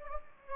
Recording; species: mosquito wingbeat signal from an infrared sensor; Anopheles gambiae